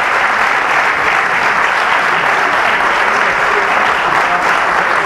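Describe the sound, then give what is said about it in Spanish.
An audience applauds steadily for about five seconds, a dense, even wash of many hands clapping at a loud, constant level with no talking over it. “Siento que Arduino lo aplaudieron más.”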